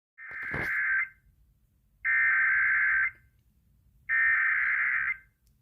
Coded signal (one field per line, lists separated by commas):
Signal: Emergency Alert System (SAME) tones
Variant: header bursts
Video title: EAS | Tornado Warning for me relayed at WBAP